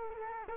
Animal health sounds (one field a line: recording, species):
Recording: mosquito wingbeat signal from an infrared sensor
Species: Culex quinquefasciatus